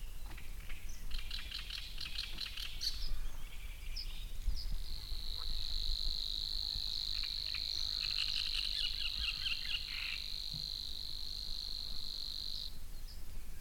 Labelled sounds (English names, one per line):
Great Reed Warbler